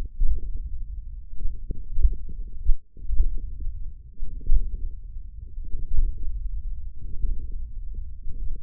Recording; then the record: forearm muscle sounds (acoustic myography)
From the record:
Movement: hook grip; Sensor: system 1, eight BSWA MPA416 microphones around the upper forearm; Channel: 5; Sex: male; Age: 28 years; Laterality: right